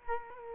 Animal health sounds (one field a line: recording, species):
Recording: mosquito wingbeat signal from an infrared sensor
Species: Culex quinquefasciatus